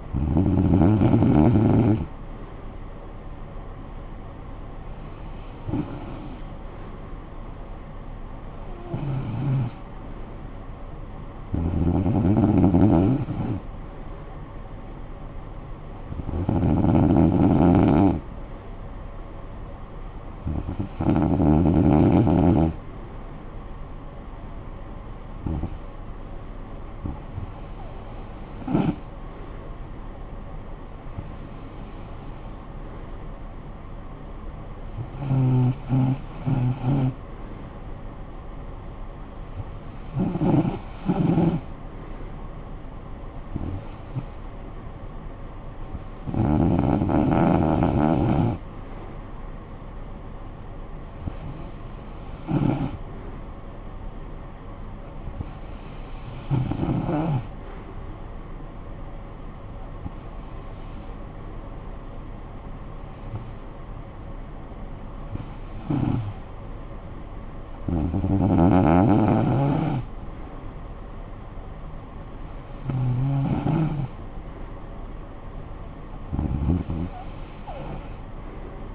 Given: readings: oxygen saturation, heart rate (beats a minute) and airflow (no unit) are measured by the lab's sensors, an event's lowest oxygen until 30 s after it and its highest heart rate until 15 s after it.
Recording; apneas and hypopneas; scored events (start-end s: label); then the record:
breathing in sleep by a smartphone at the bedside; 1
24.00-45.80 s: hypopnea (REM, oxygen 96% highest, then 93% lowest, heart rate 59 at the start, 62 highest)
From the record:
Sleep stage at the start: REM sleep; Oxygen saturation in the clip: 93 to 96%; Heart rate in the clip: 58 to 65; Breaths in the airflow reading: 21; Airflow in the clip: -12.1 to 6.1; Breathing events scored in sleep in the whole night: 445 in 7.6 hours asleep